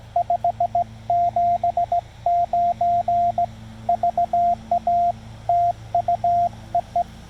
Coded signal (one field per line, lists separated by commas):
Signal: Morse code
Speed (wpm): 18 wpm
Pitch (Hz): 700 Hz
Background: radio noise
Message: 579 VA TU EE